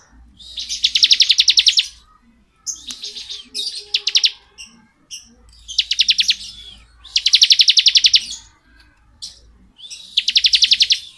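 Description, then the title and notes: Bar-winged prinia song of repeated buzzy high trills alternating with shorter chirpy phrases. Bar-winged prinia singing in the 'ngebren' style; recording used as training (masteran) audio for oriental magpie-robins. "Ciblek Ngebren Untuk Masteran Murai Batu. Suara burung ciblek - Suara Nada"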